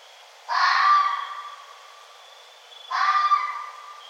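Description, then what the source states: Red fox giving two hoarse, drawn-out screaming calls about two and a half seconds apart, each starting abruptly and fading slowly, with quiet between them. Recorded on 1 November 2011.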